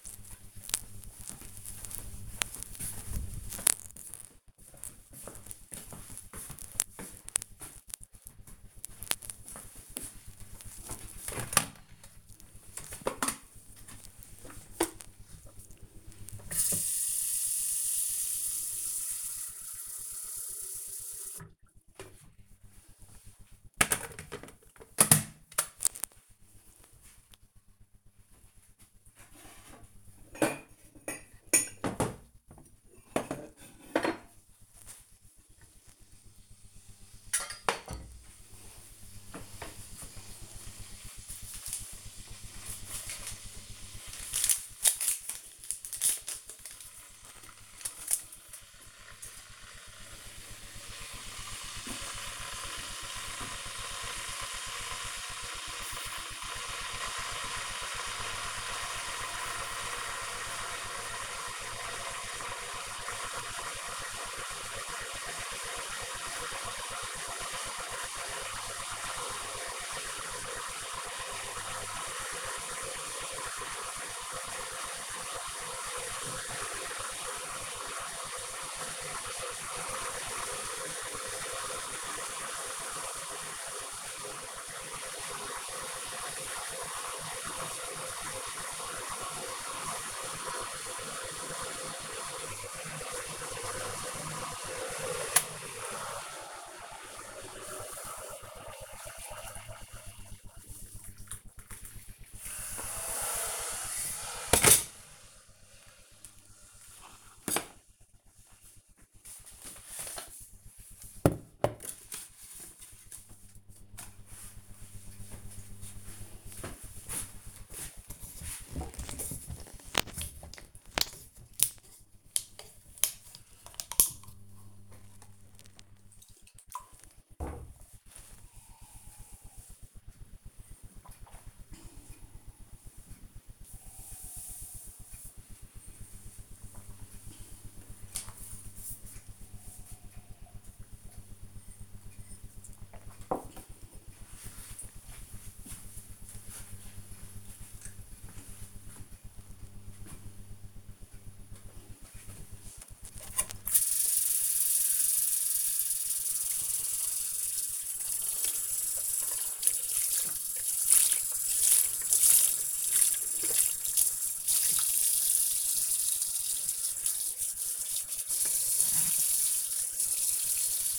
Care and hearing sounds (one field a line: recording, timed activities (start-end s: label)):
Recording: household activities, microphone on the right wrist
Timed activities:
10.11-104.84 s: making tea
116.91-143.13 s: drinking
151.17-170.99 s: washing dishes